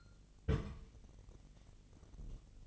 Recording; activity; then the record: daily activity, microphone in the room; place on stove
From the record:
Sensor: 4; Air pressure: 1000.1 hPa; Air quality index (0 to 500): 220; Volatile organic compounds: 25 ppm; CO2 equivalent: 2836 ppm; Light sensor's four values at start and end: 9/19/8/7 and 9/19/8/7